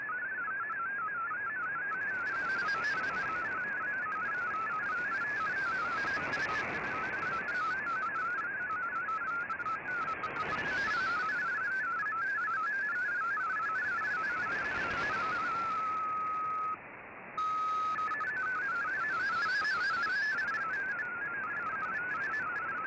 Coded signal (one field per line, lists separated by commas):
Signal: multi-tone FSK (Olivia or MFSK type)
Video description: Here is my decode of the Shortwave Radiogram broadcast today on 15770Khz shortwave radio at 1330UTC in MFSK32 and 64 with 9 SSTV images.